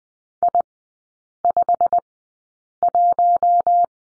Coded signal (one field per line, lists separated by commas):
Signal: Morse code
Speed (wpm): 20 wpm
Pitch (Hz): 700 Hz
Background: none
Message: I51